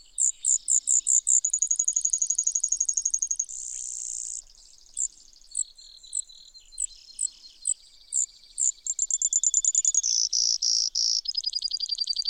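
Brewer's sparrow song, an extended medley of high trills and buzzes, some fast and rattling, some slower and chipping, shifting pitch throughout.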